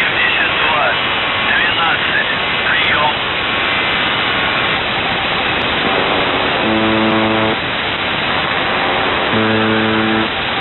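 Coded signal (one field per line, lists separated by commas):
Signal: numbers station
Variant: UVB-76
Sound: loud shortwave static, then two low, harsh buzzes about 1.5 seconds each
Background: radio static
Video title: The Buzzer/UVB-76(4625Khz) May 29th, 2023 12:27UTC Voice message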